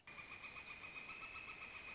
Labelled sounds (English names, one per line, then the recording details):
Northern Flicker
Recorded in Sonoma County, California